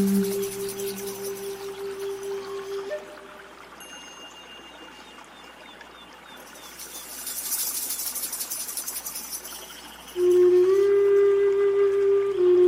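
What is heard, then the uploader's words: Gentle zen music over a soft natural wash, with a low steady bowl-like tone ringing for the first three seconds. A quieter hushed stretch follows, with a faint trickling brightness around seven to nine seconds, before a louder sustained ringing tone swells back in near ten seconds. Nature Sounds, Zen Music.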